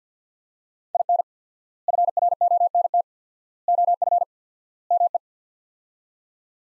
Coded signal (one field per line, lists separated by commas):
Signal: Morse code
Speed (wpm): 45 wpm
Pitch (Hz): 700 Hz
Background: none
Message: IN FRONT OF ME